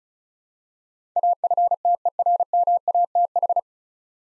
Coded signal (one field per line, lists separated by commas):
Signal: Morse code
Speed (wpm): 36 wpm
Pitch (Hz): 700 Hz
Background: none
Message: AFTERMATH